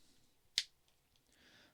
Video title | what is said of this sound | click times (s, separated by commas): Monster High Monster Mysteries Clawdeen Wolf Doll Review - Toy Talk Monster High #48 | pops onto that now once you slot this into the bottom of the lift | 0.6 s